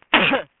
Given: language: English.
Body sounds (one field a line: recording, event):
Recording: throat vibration sensor signal played as sound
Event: cough